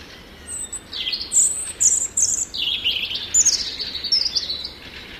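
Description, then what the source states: European robin singing a run of high, sweet whistles and trills. Played at a listener's request.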